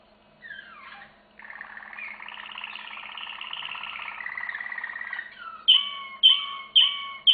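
Canary song: a few falling notes, a long buzzy trill lasting about four seconds, then loud clear downslurred whistles repeated about twice a second.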